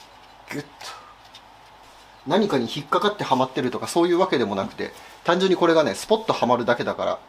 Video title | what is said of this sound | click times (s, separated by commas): ケータハム・スーパーセブン｜名車再生！エンジン組み立て開始！【Caterham Super Seven 13】 | this will snap into place, so you don't have to tap it in with | 0.5 s